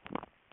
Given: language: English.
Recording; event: throat vibration sensor signal played as sound; swallow